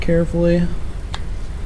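A tabbed metal part, lined up by its tabs, is carefully pressed into the cam chest/cylinder area of a Harley-Davidson Milwaukee-Eight engine during reassembly of a 2020 Breakout 114 being converted to a Screamin' Eagle 117 Stage 4. Someone talks, and a single sharp click is heard at 1.1 s as the part pops into place and seats.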